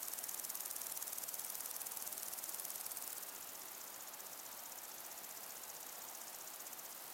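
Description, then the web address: Crickets give a continuous high, rapidly ticking chorus, a little louder in the first three seconds, then softer, with a background hiss. Crickets and other insects in windy long grass. "beanstalk-audio Crickets and insects in windy long grass"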